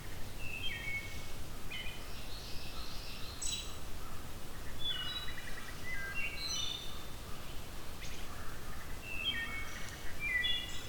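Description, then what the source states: Wood thrush song: faint, fluty whistled phrases repeated every few seconds over steady low background noise. Southern Ontario; wood thrush heard in the distance.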